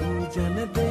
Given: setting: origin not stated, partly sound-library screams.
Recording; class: one-second piece from a danger detection set; normal situation